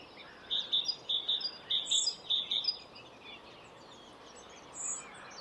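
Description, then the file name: Great tit with a brisk series of several high, ringing double notes, then quiet. "Parus major"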